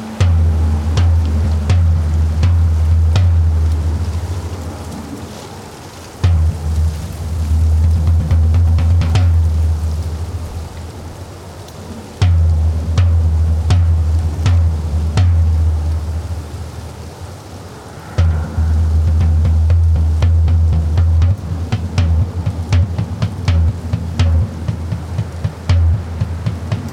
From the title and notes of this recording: We had a major ice storm a couple years ago. Floor tom, shakers and a Chinese healing gong are also in the mix.